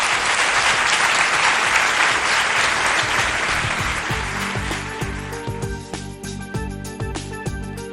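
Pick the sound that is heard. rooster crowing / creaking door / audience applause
audience applause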